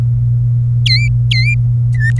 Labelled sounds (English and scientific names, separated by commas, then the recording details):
Domestic Canary (Serinus canaria) song
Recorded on 26 April 2018 at 16:03
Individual llb3